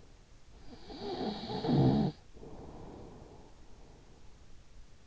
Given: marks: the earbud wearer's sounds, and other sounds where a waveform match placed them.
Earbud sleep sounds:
sounds in sleep by an in-ear microphone; snoring breath
0.12-4.32 s: snoring breath

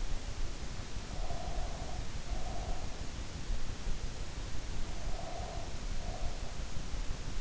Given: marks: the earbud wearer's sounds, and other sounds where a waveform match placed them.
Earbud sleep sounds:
sounds in sleep by an in-ear microphone; breath
0.94-3.01 s: breath
4.80-6.58 s: breath

